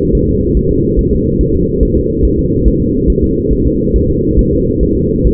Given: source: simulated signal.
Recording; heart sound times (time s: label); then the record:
fetal heart sounds
0.15 s: S1
0.29 s: S2
0.57 s: S1
0.71 s: S2
0.99 s: S1
1.13 s: S2
1.41 s: S1
1.55 s: S2
1.83 s: S1
1.97 s: S2
2.25 s: S1
2.39 s: S2
2.68 s: S1
2.82 s: S2
3.10 s: S1
3.24 s: S2
3.53 s: S1
3.67 s: S2
3.96 s: S1
4.10 s: S2
4.39 s: S1
4.53 s: S2
4.83 s: S1
4.97 s: S2
5.27 s: S1
From the record:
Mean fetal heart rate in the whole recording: 140 bpm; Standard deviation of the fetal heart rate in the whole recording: 2 bpm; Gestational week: 34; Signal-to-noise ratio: -10.2 dB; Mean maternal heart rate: 72 bpm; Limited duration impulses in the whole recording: present